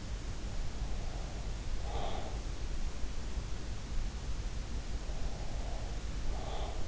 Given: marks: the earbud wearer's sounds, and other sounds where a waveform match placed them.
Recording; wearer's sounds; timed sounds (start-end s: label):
sounds in sleep by an in-ear microphone; breath
1.12-2.40 s: breath
5.20-6.88 s: breath